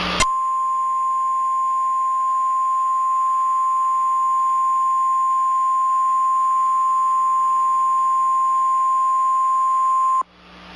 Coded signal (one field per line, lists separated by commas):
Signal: Emergency Alert System (SAME) tones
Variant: 1050 Hz attention tone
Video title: emergency alert system